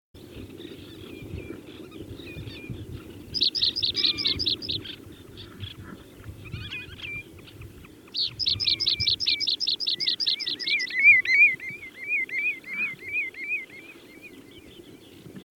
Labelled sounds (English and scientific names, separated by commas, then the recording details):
Common Redshank (Tringa totanus) song, Richard's Pipit (Anthus richardi) song
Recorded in the wild
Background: Anthus richardi
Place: Chudjirt, MN
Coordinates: 47.013, 102.255
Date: 1979-06-06
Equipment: Nagra III BH, Sennheiser MD 21, parabola
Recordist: Schubert, Michael
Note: Fluggesang Spornpieper, Strophe Rotschenkel